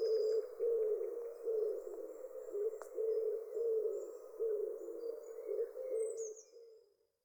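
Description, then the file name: Common wood pigeon giving deep, muffled coos in repeated rhythmic phrases, fading out at the end, with faint high bird notes behind. "houtduif"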